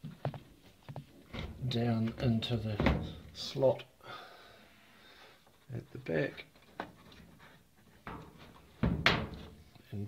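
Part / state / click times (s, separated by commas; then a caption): washing machine top deck panel tabs into the cabinet slot / seated / 9.1 s. Someone talks while fitting the two tabs of a Fisher and Paykel Smartdrive washing machine's plastic top deck panel into the slot at the back of the cabinet and pushing the panel down, with light knocks and handling thumps along the way. A loud, sharp click at 9.1 s marks the tabs seating and the panel locking into place.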